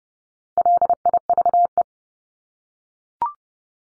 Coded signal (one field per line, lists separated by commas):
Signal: Morse code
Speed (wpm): 30 wpm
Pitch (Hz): 700 Hz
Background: none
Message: LIVE